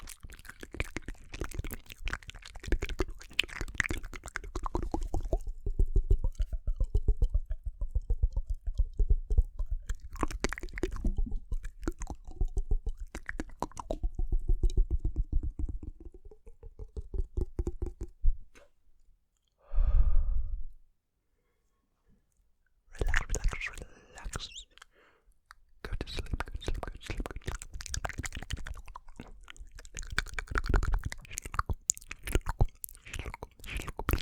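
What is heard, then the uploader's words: Wet mouth sounds of gum chewing: dense clicks, smacks and sticky pops crowd the first eighteen seconds, with a wavering hum or breathy tone mixed in around 5–17 seconds. A soft sigh near 20 seconds, near silence, then the clicking chewing resumes. EXTREME Inaudible MOUTH SOUNDS Chewing Gum.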